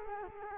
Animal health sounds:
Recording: mosquito wingbeat signal from an infrared sensor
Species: Culex quinquefasciatus

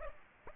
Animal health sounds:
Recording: mosquito wingbeat signal from an infrared sensor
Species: Aedes aegypti

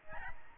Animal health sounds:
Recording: mosquito wingbeat signal from an infrared sensor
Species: Aedes albopictus

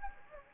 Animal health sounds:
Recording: mosquito wingbeat signal from an infrared sensor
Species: Anopheles gambiae

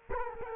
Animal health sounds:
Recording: mosquito wingbeat signal from an infrared sensor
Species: Culex quinquefasciatus

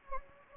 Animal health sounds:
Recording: mosquito wingbeat signal from an infrared sensor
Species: Anopheles gambiae

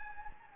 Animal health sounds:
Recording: mosquito wingbeat signal from an infrared sensor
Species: Anopheles gambiae

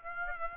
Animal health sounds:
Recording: mosquito wingbeat signal from an infrared sensor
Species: Aedes aegypti

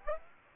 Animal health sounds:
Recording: mosquito wingbeat signal from an infrared sensor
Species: Aedes aegypti

